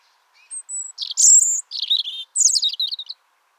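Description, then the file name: European robin song phrase: thin high whistles lead into a fast, tumbling sequence of sweet warbled and trilled notes. "Erithacus rubecula"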